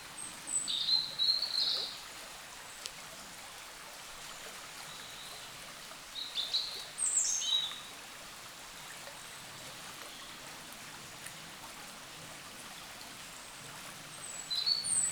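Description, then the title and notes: Birds chirping in short, high, thin bursts, a few notes at a time with quiet gaps between, over a steady hiss. Wild birds in forest along a small branch of the Dordogne at the exit of Carennac, France; recorded with a Zoom H5 and XYH-5 microphone. "Carennac - Oiseaux de la Dordogne. Oiseaux Loire forêt Carennac. A la sortie de Carennac, le long d'un petit bras de la Dordogne, les oiseaux dans la forêt Zoom H5 + XYH-5"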